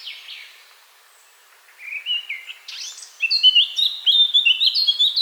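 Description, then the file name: Eurasian blackcap song: soft scattered notes at first, a pause, then a loud, hurried warble of varied whistles and chirps building to the end. "Sylvia atricapilla"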